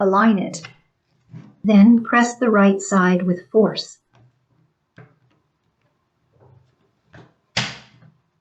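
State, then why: Seated. Someone talks while the slot on the left side of a Sylveon doorbell's plastic housing is aligned with its mount, then the right side is pressed in with force. After a few faint taps, a sharp, loud click sounds at 7.6 s as the housing snaps into place, showing it is seated and installed correctly.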